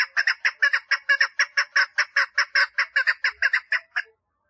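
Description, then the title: Partridge calling with quick, scratchy repeated notes, ending after about four seconds. "Perdiz Cantando"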